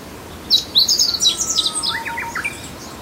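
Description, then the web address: Meadow bunting song: a quick, varied phrase of high chirps and twittering notes lasting about two seconds, ending in lower slurred notes, over faint background hiss. Recorded at Azamidani, Japan. "azamidani sound bird 05 houzirow"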